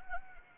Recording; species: mosquito wingbeat signal from an infrared sensor; Anopheles arabiensis